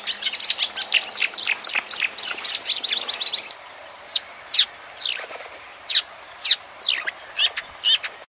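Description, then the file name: Marsh warbler song: a dense rapid chatter of high notes for a few seconds, then separate sharp down-slurred whistles at fairly even intervals. "kamyshovka bolotnaja"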